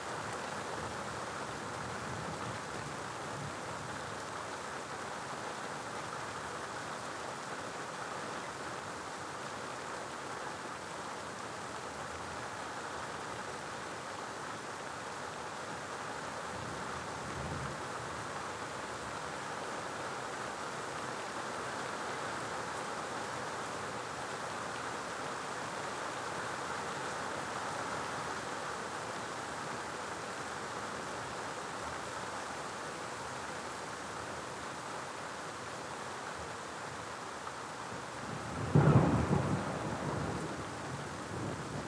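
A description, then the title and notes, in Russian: A night thunderstorm. Rain makes a steady, even hiss throughout, with a faint low rumble around seventeen seconds. Near the end, at about thirty-eight seconds, a louder crack of thunder breaks through and rolls on for a couple of seconds. Эпическая ночная гроза.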